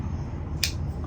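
A repaired folding pocketknife blade is opened or closed and snaps sharply into place against the backspring in the handle. The single crisp, bright snap lands at 0.6 s over a steady low hum, and the blade is seated.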